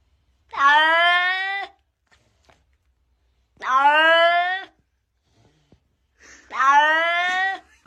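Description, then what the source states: Cat meowing, three long, steady, drawn-out meows, each lasting about a second and repeated roughly every three seconds, with quiet pauses between. Cat from Minas Gerais.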